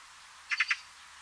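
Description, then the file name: Eurasian magpie giving a quick harsh chatter of three rasping notes, grouped tightly together over a faint steady background hiss. "Pica pica"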